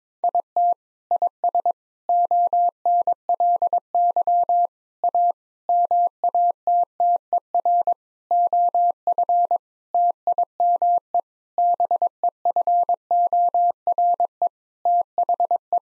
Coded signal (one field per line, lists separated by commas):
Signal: Morse code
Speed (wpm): 22 wpm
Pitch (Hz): 700 Hz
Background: none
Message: IT IS ONLY A MATTER OF TIME BEFORE THE